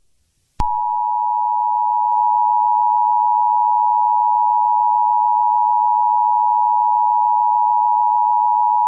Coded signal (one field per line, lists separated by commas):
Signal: Emergency Alert System (SAME) tones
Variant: 853 and 960 Hz attention tone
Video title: (One Year Special) EAS Scenario 8|| Cresent Moon Remastered